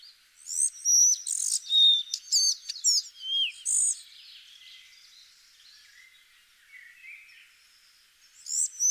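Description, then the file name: Collared flycatcher song: a rapid burst of high, squeaky chirps and thin whistles for about four seconds, then faint quiet notes before another brief phrase begins. "Halsbandsflugsnappare"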